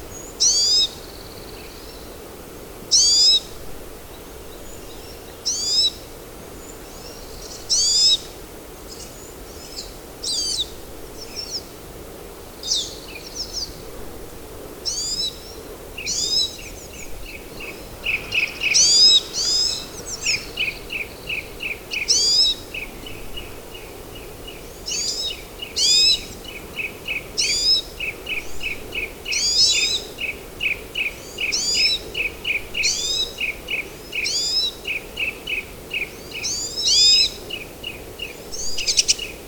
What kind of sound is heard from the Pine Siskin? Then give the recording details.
call. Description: Pine Siskin call recorded on the Fern Lake Trail in Rocky Mountain National Park. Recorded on 10 June 2015